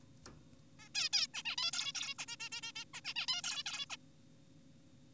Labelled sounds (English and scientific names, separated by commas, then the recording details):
Zebra Finch (Taeniopygia guttata)
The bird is an adult
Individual g4p5U